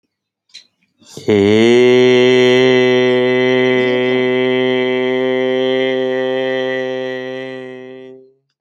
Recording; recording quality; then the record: sustained vowel as in made; excellent, no background noise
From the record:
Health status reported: healthy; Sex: male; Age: 37 years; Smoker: yes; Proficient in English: yes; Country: India